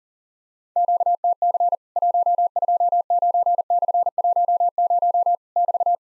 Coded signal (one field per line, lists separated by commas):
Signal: Morse code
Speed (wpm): 40 wpm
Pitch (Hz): 700 Hz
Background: none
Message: QTC 129/10 <BT>